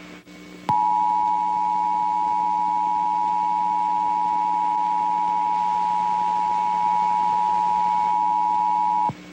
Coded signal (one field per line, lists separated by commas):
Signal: Emergency Alert System (SAME) tones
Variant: 853 and 960 Hz attention tone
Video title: EAS REQUIRED WEEKLY TEST 1/29/21